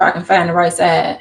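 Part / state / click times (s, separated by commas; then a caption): removable juicer part onto the juicer body / not seated / none. Someone talks while lining up a removable juicer part to fit onto the juicer body, turning it to find the right side. The part is handled but not yet pressed down, and nothing has snapped or seated by the end of the clip.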